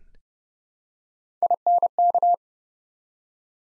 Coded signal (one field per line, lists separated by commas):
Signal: Morse code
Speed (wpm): 29 wpm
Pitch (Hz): 700 Hz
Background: none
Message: INK